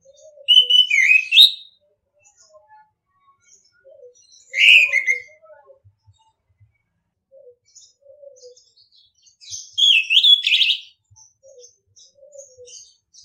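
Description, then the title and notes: Orange-headed thrush gives three loud whistled phrases a few seconds apart, each twisting up and down, while soft low notes and faint chirps continue behind. Masteran (training) song in the ngeplong style. "ANIS KEMBANG NGEPLONG. Masteran Anis Kembang"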